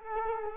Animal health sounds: mosquito wingbeat signal from an infrared sensor; Culex quinquefasciatus

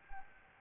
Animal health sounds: mosquito wingbeat signal from an infrared sensor; Anopheles gambiae

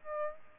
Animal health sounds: mosquito wingbeat signal from an infrared sensor; Aedes aegypti

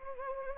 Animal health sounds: mosquito wingbeat signal from an infrared sensor; Anopheles gambiae

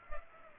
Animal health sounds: mosquito wingbeat signal from an infrared sensor; Culex pipiens

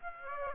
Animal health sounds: mosquito wingbeat signal from an infrared sensor; Aedes aegypti

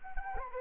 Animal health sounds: mosquito wingbeat signal from an infrared sensor; Anopheles arabiensis

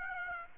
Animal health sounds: mosquito wingbeat signal from an infrared sensor; Aedes aegypti

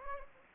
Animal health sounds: mosquito wingbeat signal from an infrared sensor; Anopheles gambiae

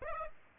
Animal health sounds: mosquito wingbeat signal from an infrared sensor; Aedes aegypti

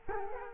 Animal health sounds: mosquito wingbeat signal from an infrared sensor; Culex quinquefasciatus

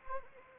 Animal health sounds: mosquito wingbeat signal from an infrared sensor; Anopheles arabiensis

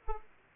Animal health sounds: mosquito wingbeat signal from an infrared sensor; Aedes aegypti

